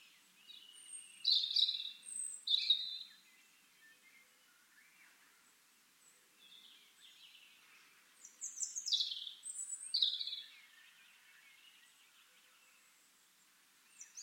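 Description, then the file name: European robin giving high, thin twittering phrases in two bursts, one early and one later, with quiet gaps between them over faint background hiss. "Erithacus rubecula"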